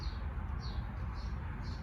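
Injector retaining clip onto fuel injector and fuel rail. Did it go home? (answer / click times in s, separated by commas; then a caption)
no / none. A metal retaining clip is lined up on a fuel injector and fuel rail during a fuel injector replacement on a GMC Sierra, before being pressed home. Steady low rumble and faint high chirps are heard, with no sharp click. The clip has not snapped in yet.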